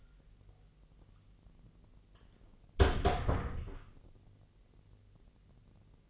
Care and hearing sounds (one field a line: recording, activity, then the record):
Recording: daily activity, microphone in the room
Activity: close door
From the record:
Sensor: 4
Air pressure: 1002.3 hPa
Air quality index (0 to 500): 248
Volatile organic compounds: 41 ppm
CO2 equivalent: 3162 ppm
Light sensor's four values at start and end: 9/19/7/7 and 9/21/8/7